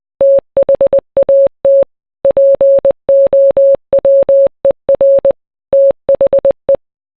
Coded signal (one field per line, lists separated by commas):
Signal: Morse code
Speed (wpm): 20 wpm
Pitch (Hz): 550 Hz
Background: none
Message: THAT POWER THE